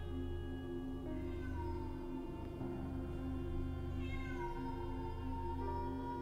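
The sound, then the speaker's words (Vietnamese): A feral cat wails outside in long, drawn-out, rising and falling yowls over a steady low hum, the mournful cries continuing throughout with no talking. “Không để cho Kha đợi lâu, từ bên ngoài vang lên tiếng kêu thảm thiết của con mèo hoang.”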